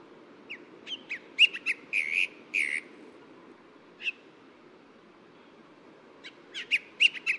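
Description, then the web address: Bronzed drongo giving scattered sharp clicks and short burry whistles, with a quiet gap before another brief cluster of notes. Recorded at Yushan. "小卷尾. Yushan"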